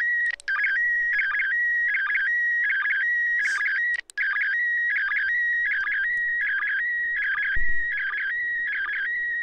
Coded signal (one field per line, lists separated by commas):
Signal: SSTV (slow-scan television)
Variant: PD 180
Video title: SSTV transmission from ISS RS0ISS International Space Station, Baofeng UV-5R